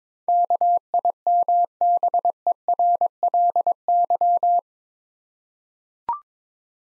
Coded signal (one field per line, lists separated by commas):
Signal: Morse code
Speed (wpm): 22 wpm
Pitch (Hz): 700 Hz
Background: none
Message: KIMBERLY